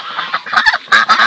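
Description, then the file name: Pekin duck quacks, a run of harsh nasal calls with louder bursts near the end. "canto do pato de pequim"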